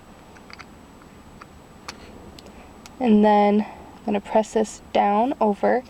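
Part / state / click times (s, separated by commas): door lock linkage rod into the lock actuator retaining clip / not seated / none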